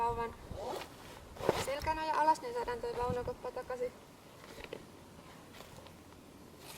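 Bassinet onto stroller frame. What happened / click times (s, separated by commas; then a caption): The part is being lined up on its frame, not yet seated / none. A bassinet for a Baby Jogger City Mini Double stroller is brought back and lined up on the stroller frame's fasteners. Someone talks through the first four seconds, followed by quieter handling sounds with a few brief knocks around 4.6–4.7 s. Nothing has seated or clicked yet.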